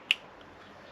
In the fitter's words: It clips in there.